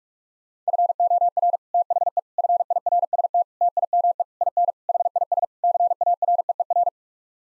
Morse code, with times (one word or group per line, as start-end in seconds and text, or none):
0.7-1.6 FOR
1.7-2.2 THE
2.4-3.4 FIRST
3.6-4.2 TIME
4.4-4.7 IN
4.9-5.4 HIS
5.6-6.9 CAREER